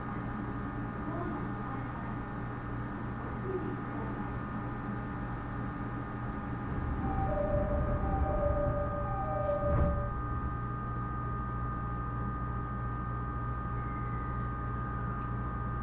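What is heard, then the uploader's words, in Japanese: A ride aboard a rapid train on the Uchibo Line, with a steady low rumble and constant tonal hums from the motors. Around seven to ten seconds the rumble grows heavier, with a few short whining tones and a brief clunk near ten seconds, then settles back. 鉄道旅 内房線快速 千葉→木更津。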